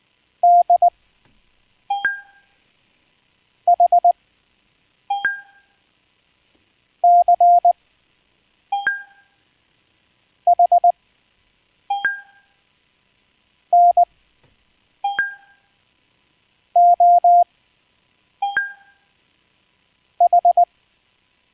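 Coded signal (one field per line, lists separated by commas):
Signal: Morse code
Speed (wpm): 20 wpm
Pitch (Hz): 700 Hz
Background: none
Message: DHCHNOH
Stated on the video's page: Live, unplanned amateur radio stream with some CW practice.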